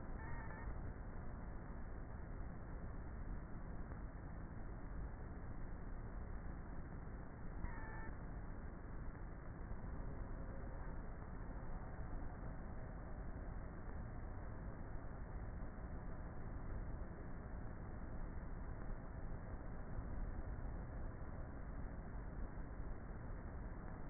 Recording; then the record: honeybee colony, microphone inside the hive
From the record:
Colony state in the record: queenless with a low population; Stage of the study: before two queens were removed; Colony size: about 30,000 bees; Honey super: no